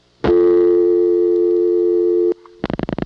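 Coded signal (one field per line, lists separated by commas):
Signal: telephone call progress tone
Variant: North America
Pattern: dial tone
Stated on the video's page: Call progress tones from dialing each Ocala, Florida local office code on a phone served by a rare European Siemens motor switch, 1982.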